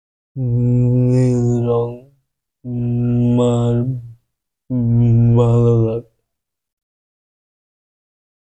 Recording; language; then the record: elicited speech; Bengali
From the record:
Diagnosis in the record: Broca's or global aphasia after a stroke